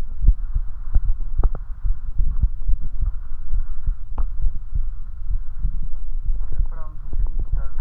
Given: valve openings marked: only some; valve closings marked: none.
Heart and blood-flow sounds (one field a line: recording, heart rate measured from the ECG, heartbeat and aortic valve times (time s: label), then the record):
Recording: heart sounds by stethoscope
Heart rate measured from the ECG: 69 bpm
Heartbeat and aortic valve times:
0.24 s: heartbeat (ECG mark)
1.07 s: heartbeat (ECG mark)
1.87 s: heartbeat (ECG mark)
1.94 s: aortic valve opens (echo mark)
2.70 s: heartbeat (ECG mark)
3.56 s: heartbeat (ECG mark)
4.44 s: heartbeat (ECG mark)
5.33 s: heartbeat (ECG mark)
6.27 s: heartbeat (ECG mark)
6.34 s: aortic valve opens (echo mark)
7.21 s: heartbeat (ECG mark)
From the record:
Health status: healthy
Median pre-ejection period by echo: 67 ms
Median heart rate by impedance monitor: 68 bpm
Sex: male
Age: 21 years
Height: 170 cm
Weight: 85 kg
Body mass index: 29.41